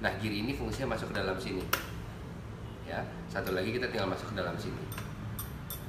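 A metal beater is handled at the motor head socket of a stand mixer, to be pushed in until it clicks, while someone talks throughout. Brief sharp ticks are heard near 5.4 and 5.7 seconds. The clip ends before the beater goes home, so nothing has seated or clicked yet.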